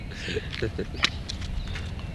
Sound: laughter

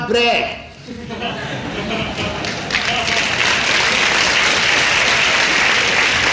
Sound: applause

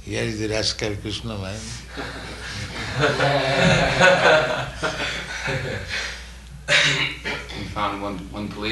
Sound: laughter

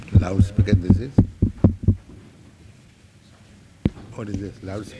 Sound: taps on microphone

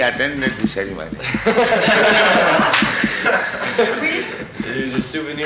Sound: laughter

